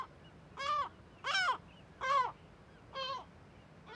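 Gull giving harsh, arched yelps, four notes spaced under a second apart.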